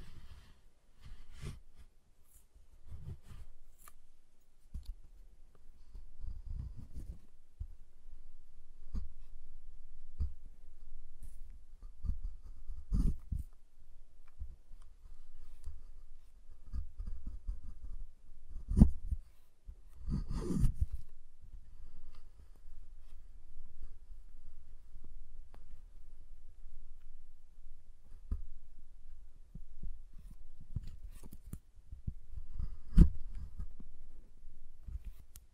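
Tapping and handling of a giant chocolate bar, heard as scattered low thumps and knocks spaced a second or two apart, with occasional sharp cracks near 19 and 33 seconds. A heavier, longer thud falls around 20 seconds. Between events a faint low hum continues.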